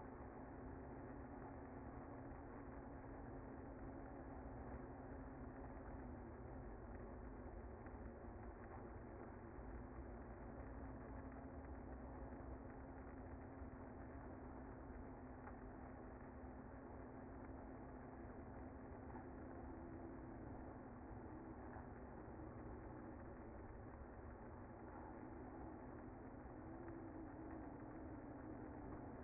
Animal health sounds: honeybee colony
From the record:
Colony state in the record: active

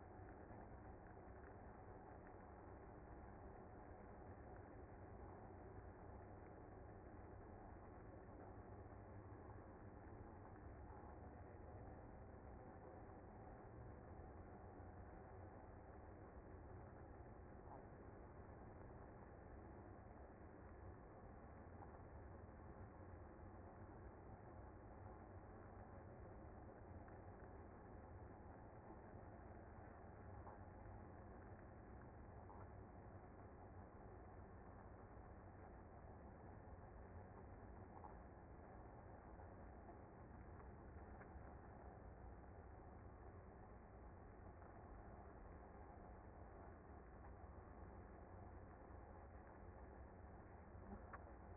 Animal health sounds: honeybee colony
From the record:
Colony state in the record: active

